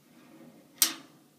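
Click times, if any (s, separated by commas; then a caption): 0.8 s. A drawer is pushed back into a metal filing cabinet along its slide rails until the slide catches lock. After a quiet, low background, one sharp click sounds at 0.8 s and fades over about a fifth of a second. The drawer is seated on its slides.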